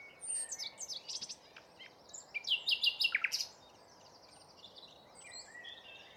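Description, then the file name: Common nightingale song with a stuttering run of sharp notes, then a phrase of quick repeated chirps. "Luscinia megarhynchos"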